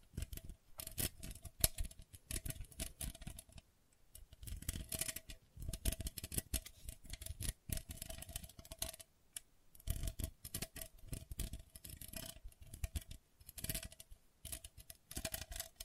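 Gentle scratching, made of dense runs of soft, dry strokes that come in bursts with short pauses, roughly every second or two. The strokes crackle across lows and highs, and a faint steady tone hums underneath much of the clip.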